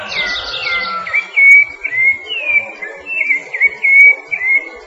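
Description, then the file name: Rufous-bellied thrush with a run of rich, slurred whistles, with faint chirps from other birds at the start. "Turdus rufiventris"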